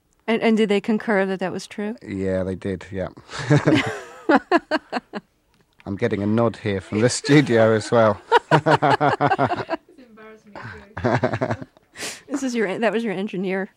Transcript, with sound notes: And did they concur that that was true?
Yes, they did, yes.
(LAUGHTER)
I'm getting a nod here from the studio, so...
(LAUGHTER)
This is your -- that was your engineer...